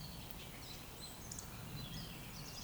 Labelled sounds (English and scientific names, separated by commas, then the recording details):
Eurasian Woodcock (Scolopax rusticola) whistle
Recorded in Baden-Württemberg, Germany, on 11 June 2020 at 20:12 UTC
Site 14569, 102 m above sea level